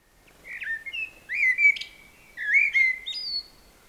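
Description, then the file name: Common blackbird song: two mellow, fluty whistled phrases, each ending in a squeaky, higher twitter, separated by a short pause. "Turdus merula"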